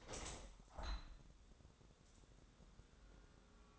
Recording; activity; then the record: daily activity, microphone in the room; open window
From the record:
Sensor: 3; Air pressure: 1000.5 hPa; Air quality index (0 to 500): 164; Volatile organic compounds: 3 ppm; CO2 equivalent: 1417 ppm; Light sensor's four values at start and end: 13/34/13/15 and 14/36/14/16